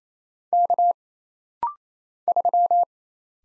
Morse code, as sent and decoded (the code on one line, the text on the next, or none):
-.- / ...--
K 3